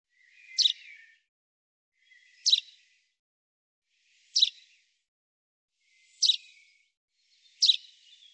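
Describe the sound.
Common chaffinch calling: five short, high, clipped notes at fairly steady intervals of nearly two seconds, with quiet gaps between.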